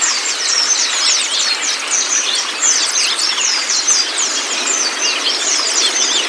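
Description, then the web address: White-eye song, a dense, rapid stream of high twittering and chirping notes, overlapping without pause and steady in loudness throughout. Indonesian 'terapi buka paruh' therapy recording meant to make a white-eye open its beak and sing; a 'masteran' training track. "pleci terapi buka paruh. masteran pleci"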